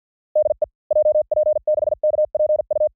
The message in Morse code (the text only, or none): DE JP6KPU